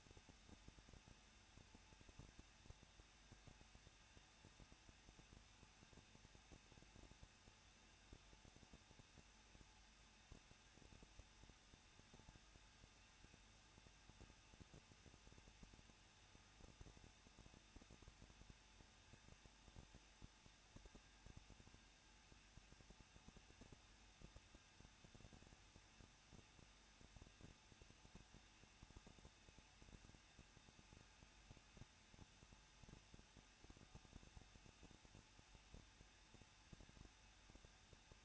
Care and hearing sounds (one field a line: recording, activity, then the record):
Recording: daily activity, microphone in the room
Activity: no activity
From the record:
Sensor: 2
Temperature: 21.0 degrees Celsius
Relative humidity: 37.5%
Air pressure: 1006.3 hPa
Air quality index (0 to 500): 223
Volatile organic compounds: 25 ppm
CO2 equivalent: 2833 ppm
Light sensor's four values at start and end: 2/3/2/2 and 2/3/2/2